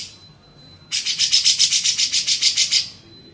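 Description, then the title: Grey-cheeked bulbul harsh rasping chatter, about a dozen rapid buzzy pulses over two seconds, with a thin steady high whine before and after. Masteran training recording for songbirds; Indonesian name cucak jenggot. "MASTERAN CUCAK JENGGOT"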